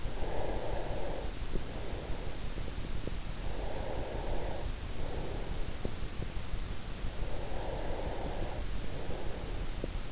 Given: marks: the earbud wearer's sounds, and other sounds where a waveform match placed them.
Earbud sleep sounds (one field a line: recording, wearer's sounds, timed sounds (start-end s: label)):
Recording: sounds in sleep by an in-ear microphone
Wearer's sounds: breath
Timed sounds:
0.00-3.14 s: breath
3.40-5.76 s: breath
7.29-10.12 s: breath